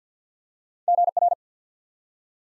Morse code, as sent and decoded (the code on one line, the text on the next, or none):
--. .-.
GR